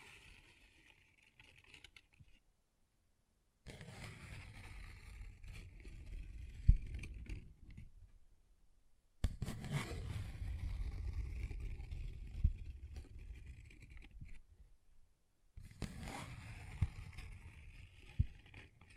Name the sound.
Paper Bag Tapping and Scratching Sounds